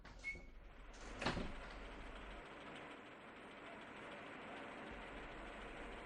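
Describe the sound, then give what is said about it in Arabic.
A door rattles and slides open with a short clunk, followed by a steady low mechanical hum that carries on to the end. “افتح الباب.”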